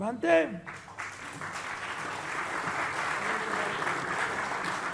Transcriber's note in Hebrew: מחיאות כפיים